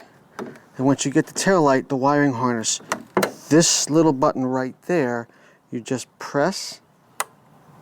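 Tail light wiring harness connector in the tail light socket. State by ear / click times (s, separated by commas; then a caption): released / 7.2 s. Someone talks, then presses the small release button on the tail light wiring harness connector in the tail light socket of a Ford F-150. The plastic connector unlatches with a sharp click at 7.2 seconds, and the harness is released.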